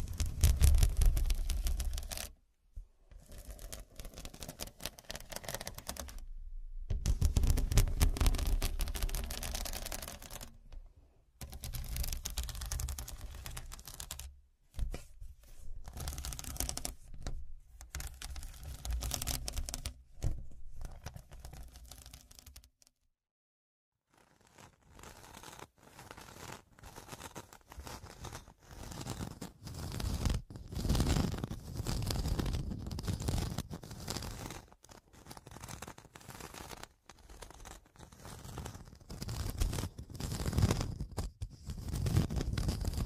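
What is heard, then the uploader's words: Pure scratching in dense, rapid bursts with brief silent gaps, heavier and lower in the first half, then brighter and choppier after a pause near 23 seconds. Pure Scratching.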